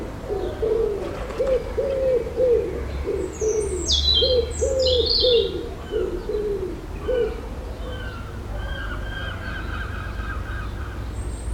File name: ambience urban suburban street birds pigeons seaguls light traffic distant